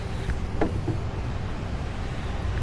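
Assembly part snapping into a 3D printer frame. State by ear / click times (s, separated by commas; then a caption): seated / 0.3 s, 0.6 s. A part is pushed into a 3D printer frame during assembly until it snaps into place, over a steady low rumble of background noise. Sharp clicks land at 0.3 s and 0.6 s, the second being the loudest, and the part is seated.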